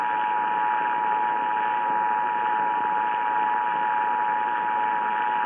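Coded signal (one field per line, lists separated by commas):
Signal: Emergency Alert System (SAME) tones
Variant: 853 and 960 Hz attention tone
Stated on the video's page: Required Monthly Test originated from WJR and relayed to all radio and TV stations in the Southeast Michigan area.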